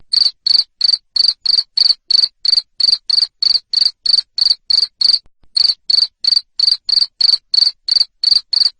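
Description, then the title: Cricket giving a loud, steady series of high chirps, about three per second, broken once by a short gap midway. Loud cricket chirping played to stimulate lovebirds to keep singing. "Suara JANGKRIK NGERIK Keras Bikin LOVEBIRD Jadi NGEKEK Terus"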